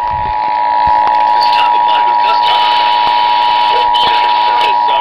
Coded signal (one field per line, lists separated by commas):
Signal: Emergency Alert System (SAME) tones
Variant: 853 and 960 Hz attention tone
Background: speech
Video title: SVR - EAS #309 - #310